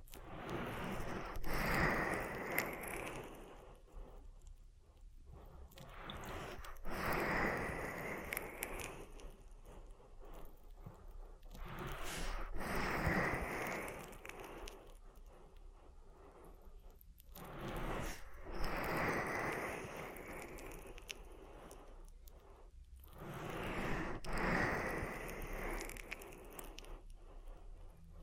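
Oil ear massage with slick rubbing and crackling swells that rise and fade roughly every six seconds, brief quiet gaps between strokes.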